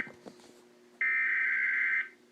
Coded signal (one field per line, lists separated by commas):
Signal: Emergency Alert System (SAME) tones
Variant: header bursts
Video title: Required Weekly Test (EAS #18) 7/13/16 Fail